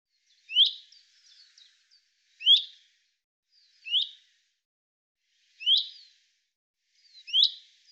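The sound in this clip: Common chaffinch: five crisp, high call notes at uneven gaps, with a few faint softer notes following the first.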